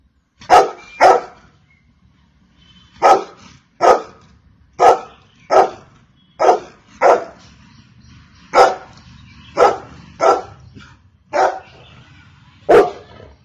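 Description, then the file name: Golden retriever barking in short, loud, single and paired barks, about thirteen over the stretch, with irregular pauses of up to two seconds between bursts. "Golden retriever Dog"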